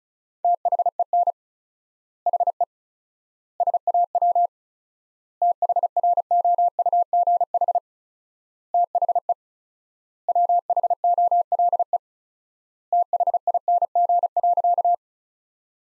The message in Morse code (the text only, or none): THEN HE SAW THROUGH THE WHOLE THING.